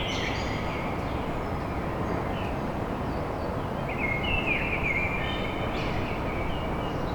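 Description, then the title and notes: Common blackbird song: a brief twitter at the start, then a clear warbling fluty phrase with a high squeaky end, under a steady low drone. Blackbird song recorded at dawn in Paris. "Blackbird Poetry At Paris. Enregistrement d'un chant de merle à l'aube dans Paris"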